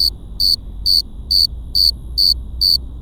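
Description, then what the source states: Cricket chirping in a regular rhythm, six high pulsed chirps in three seconds, over a low background rumble. Crickets at Cerro Gordo, León, Guanajuato, Mexico, 18 April 2019, 9:19 p.m.; recorded close to several crickets with a Tascam DR-05X built-in microphones and WS-11 windshield.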